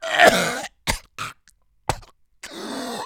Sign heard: Cough male.